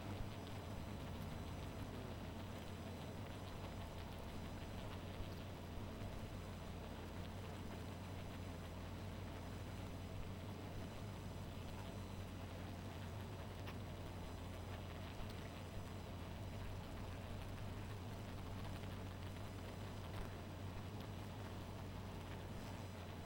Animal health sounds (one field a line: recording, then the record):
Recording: honeybee colony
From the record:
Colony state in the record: missing queen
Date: 14 July 2017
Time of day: 1:01